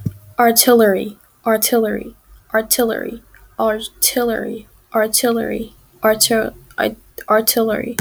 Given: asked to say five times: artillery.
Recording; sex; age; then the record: repeated word; female; 40 to 49 years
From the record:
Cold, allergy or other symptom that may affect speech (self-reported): no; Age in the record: 45 years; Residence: North Carolina, United States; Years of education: 19